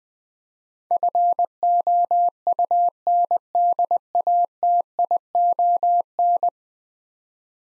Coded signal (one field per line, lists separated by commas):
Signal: Morse code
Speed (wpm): 20 wpm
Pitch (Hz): 700 Hz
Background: none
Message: FOUNDATION